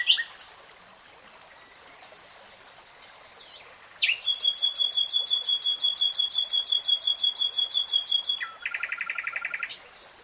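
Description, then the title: Nightingale song with a long, fast, metallic trill of repeated notes lasting about four seconds, then a lower series of pulses. Nightingale singing in real time. "[Tiếng chim hót] 3 Hours REALTIME Nightingale Singing"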